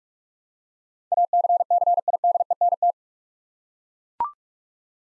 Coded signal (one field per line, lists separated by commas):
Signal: Morse code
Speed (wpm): 42 wpm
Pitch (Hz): 700 Hz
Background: none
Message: ACCIDENT